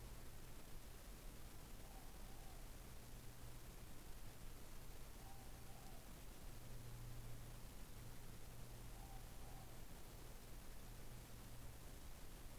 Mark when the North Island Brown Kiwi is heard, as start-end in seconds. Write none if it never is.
none